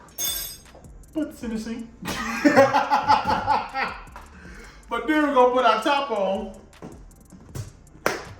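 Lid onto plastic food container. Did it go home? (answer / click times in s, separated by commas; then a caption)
yes / 8.1 s. Someone talks while a lid is put onto a plastic food container holding chicken wings and seasoned flour and pressed shut before shaking, so it won't get messy. At 8.1 s a single loud, sharp click is heard as the lid snaps home and seats.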